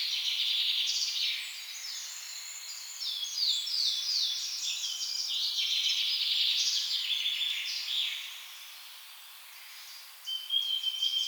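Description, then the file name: Eurasian blackcap song: continuous rapid, busy warbling with scratchy and chattering notes, a short pause, then a sudden clear trill at the end. "Sylvia atricapilla"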